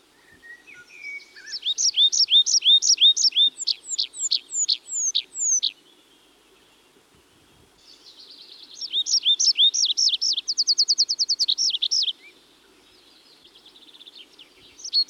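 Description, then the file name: Tree pipit song: two high phrases of sharp slurred notes, the second ending in a fast, even trill, with a quiet pause between phrases. "Tree Pipit (Anthus trivialis)"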